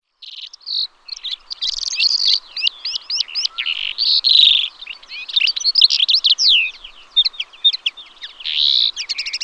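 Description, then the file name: Calandra lark song, a continuous rapid jumble of high chirps, trills and scratchy notes, varied and unbroken throughout with little background noise. "Melanocorhypha calandra"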